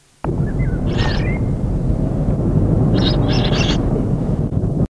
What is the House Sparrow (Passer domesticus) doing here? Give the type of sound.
call